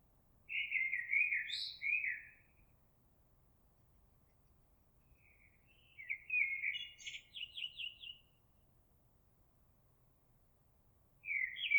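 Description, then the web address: Eurasian blackbird song: mellow, fluty warbled phrases, the second ending in a fast run of squeaky high notes, separated by several seconds of quiet. Recorded 26 April 2022. "oiseaux Merle 2022 04 26"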